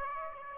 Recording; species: mosquito wingbeat signal from an infrared sensor; Aedes aegypti